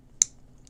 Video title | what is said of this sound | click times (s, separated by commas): Holosun Military Grade HS515GM | you bring it back there's a little click you'll hear it once that thing clicks on again it's not going anywhere | 0.2 s